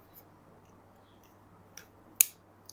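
A larger extension battery handle is pushed onto the base of a DJI Osmo Pocket 3 gimbal camera. A faint tick comes at 1.8 s, then one sharp, loud click at 2.2 s, followed by another faint tick at 2.7 s over a low steady hum. The handle locks into place.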